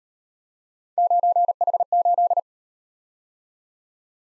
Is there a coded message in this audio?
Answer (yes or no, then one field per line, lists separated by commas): yes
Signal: Morse code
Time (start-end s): 1.0-2.4 s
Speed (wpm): 38 wpm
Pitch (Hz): 700 Hz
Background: none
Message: 9H8